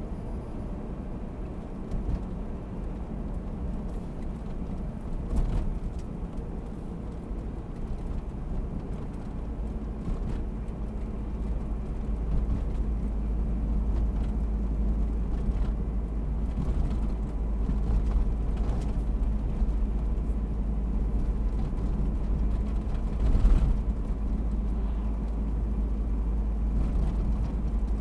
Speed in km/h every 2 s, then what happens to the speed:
61, 58, 56, 54, 53, 52, 51, 51, 51, 51, 51, 51, 51, 52.
0-12 slows to 51. 12-28 steady at about 51.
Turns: none.